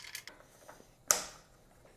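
On a Crosstrek roof, the lever lock on the second clamp of a Yakima FatCat 4 EVO ski rack is tightened onto the crossbar of a Yakima LockNLoad Platform. A few small rattles come first, then the lever is pushed over and snaps shut with one strong, sharp click at 1.1 s that quickly rings away. The second lever lock is seated and closed.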